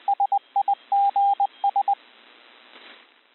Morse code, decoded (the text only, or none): SIGS